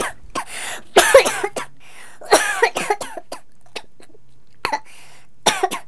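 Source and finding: Adult. Cough.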